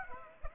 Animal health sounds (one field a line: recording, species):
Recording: mosquito wingbeat signal from an infrared sensor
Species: Aedes aegypti